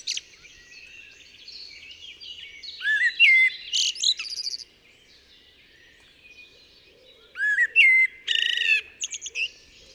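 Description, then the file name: Common blackbird song, two phrases a few seconds apart, each a short whistled note followed by a burst of high, scratchy twittering, over quiet background. "Turdus merula"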